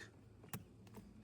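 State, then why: Seated. A crimped wire terminal from the accessory power loom of a Toyota LandCruiser Prado 250, for a dash cam and UHF radio, is pushed into a cavity of a plastic vehicle wiring connector housing. A crisp click at 0.5 s shows the terminal locking in place, followed by two fainter ticks.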